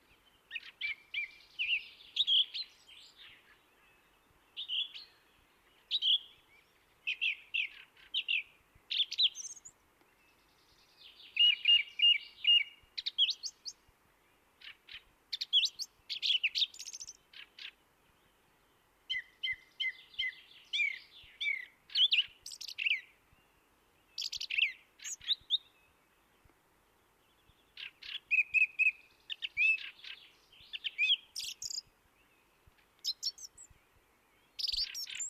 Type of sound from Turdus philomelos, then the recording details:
song. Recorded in the wild. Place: Oberstdorf, Bayern, DE. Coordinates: 47.3797, 10.2944. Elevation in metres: 904. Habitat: mountains. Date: 1977-03-20. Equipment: Nagra IV, Sennheiser MKH 405, Parabolreflektor. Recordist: Tretzel, Erwin